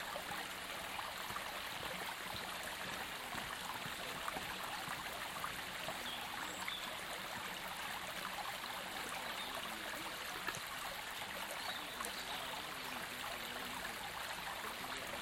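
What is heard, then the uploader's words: A river rushes past, a dense, even wash of splashing water that holds steady the whole time. Its hiss is bright and full, with a softer rumble underneath. A couple of faint bird chirps slip through briefly. Río Novales. 9:05 am. Ambient sound recorded along del Norte, the northern coastal route of the Camino de Santiago network of pilgrimage paths converging in Spain. These tiny meditations are made with binaural microphones, creating an immersive hyper-realistic listening experience.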